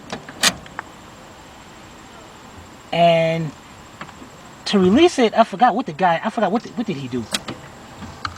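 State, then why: Released. A pull-out emergency brake handle under the dash, in its dash mount, is released by turning it, and it snaps back into its resting position with a single sharp click at 8.3 s. Before that, there are a few faint clicks, a short tonal buzz around 3 to 3.5 s, and someone talking. The handle is released.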